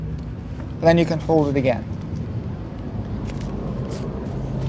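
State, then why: Not seated. The folding frame of a Rascal Carbon Cruiser lightweight powerchair is being handled; after its release latch is lifted, the frame is folded again toward its latch. Someone talks briefly over a steady low hum, with only a faint short tick near 3.3 s. The frame latch has not caught or seated yet.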